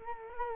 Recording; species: mosquito wingbeat signal from an infrared sensor; Culex quinquefasciatus